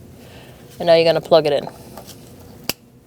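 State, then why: Seated. Someone talks, and then a second plastic electrical connector is plugged onto the fuel pump module (fuel transfer unit) of a 2008-2014 Mercedes-Benz C300 3.0L V6. A faint tick comes at about 2.0 s, followed by a single sharp click at 2.7 s as the connector latches and seats.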